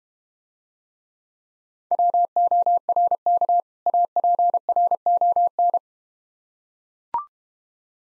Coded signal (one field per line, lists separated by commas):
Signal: Morse code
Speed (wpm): 31 wpm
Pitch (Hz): 700 Hz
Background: none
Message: WORK APRON